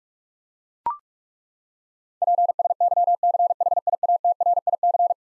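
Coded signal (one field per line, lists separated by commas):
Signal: Morse code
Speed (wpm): 41 wpm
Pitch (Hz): 700 Hz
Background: none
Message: PSYCHIATRIC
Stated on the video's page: Head-copy drill of eleven-letter words sent at 45 wpm, each word sent, then spoken, then sent again.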